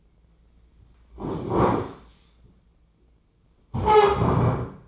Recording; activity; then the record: daily activity, microphone in the room; sit down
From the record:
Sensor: 1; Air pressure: 996.0 hPa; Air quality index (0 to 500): 238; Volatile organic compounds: 1000 ppm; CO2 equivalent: 6950 ppm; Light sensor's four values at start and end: 34/85/36/44 and 35/88/37/45